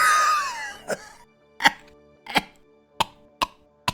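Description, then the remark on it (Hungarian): A voice imitates a cough: a brief drawn-out vocal tone, then six short, sharp, forced coughs in an uneven series, each a quick bright burst separated by silence. “De tudod, ez a fajta köhögés az a...”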